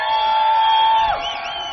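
A party crowd of contest-winning radio listeners at an annual summer pool party at the Playboy Mansion cheers and whoops loudly and continuously, with one long held high whoop that slides downward near the end while other shouts overlap.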